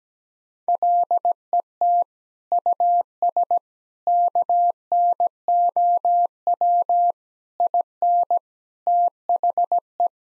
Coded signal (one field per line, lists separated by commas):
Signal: Morse code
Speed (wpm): 17 wpm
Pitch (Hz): 700 Hz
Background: none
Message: LET US KNOW IN THE